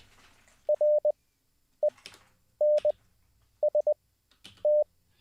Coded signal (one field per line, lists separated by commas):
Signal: Morse code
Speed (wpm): 20 wpm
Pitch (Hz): 600 Hz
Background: none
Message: RENST